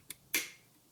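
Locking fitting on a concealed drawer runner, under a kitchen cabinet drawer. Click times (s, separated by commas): 0.3 s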